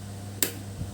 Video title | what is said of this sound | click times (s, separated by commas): MERAKIT KOMPUTER DESKTOP BAGI PEMULA, MERAKIT PC RUMAHAN DAN WARNET | sudah kita tinggal tekan sampai terdengar bunyi klik seperti | 0.4 s